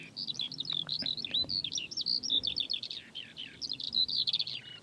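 Skylark song pouring out in a dense, high, restless cascade of chirps, whistles and buzzy trills, sustained throughout.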